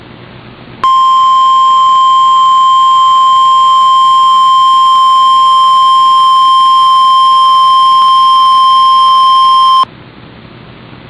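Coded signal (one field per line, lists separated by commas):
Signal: Emergency Alert System (SAME) tones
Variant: 1050 Hz attention tone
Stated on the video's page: Required weekly test on NOAA Weather Radio, taken from an online stream of the station.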